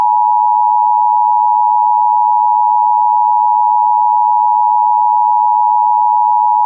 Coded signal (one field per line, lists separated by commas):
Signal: Emergency Alert System (SAME) tones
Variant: 853 and 960 Hz attention tone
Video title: EAS Child Abduction Emergency (AMBER Alert) Denver, Colorado (Mother and 2 Children Kidnapped)